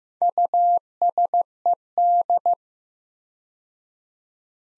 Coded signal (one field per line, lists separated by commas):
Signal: Morse code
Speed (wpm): 15 wpm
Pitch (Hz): 700 Hz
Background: none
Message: USED